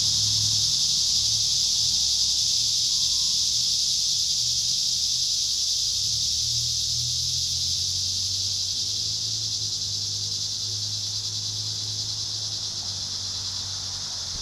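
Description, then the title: Cicadas in full chorus, a high steady buzz that slowly eases in loudness, accompanied by a low humming drone throughout. Cicadas at Trinity. "neoscenes: cicadas at Trinity"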